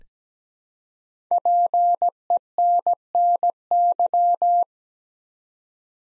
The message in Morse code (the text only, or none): PENNY